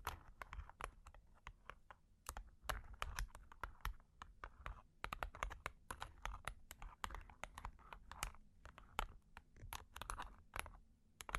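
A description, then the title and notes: Long claws tap and scratch in quick, uneven bursts, each click sharp and bright with a low thump beneath. The tapping runs nearly without pause for the whole eleven seconds, thinning briefly around four and eight seconds before picking up again. Long Claws Tapping and Scratching (No Talking).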